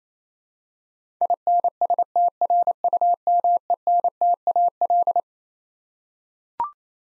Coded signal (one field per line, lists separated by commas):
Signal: Morse code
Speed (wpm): 27 wpm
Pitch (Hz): 700 Hz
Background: none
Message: INSTRUMENTAL